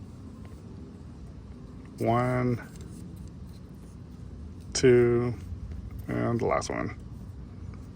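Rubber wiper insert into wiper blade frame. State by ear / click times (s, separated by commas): not seated / none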